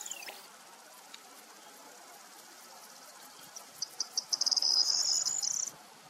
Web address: ptaki potrzeszcz potrzeszcz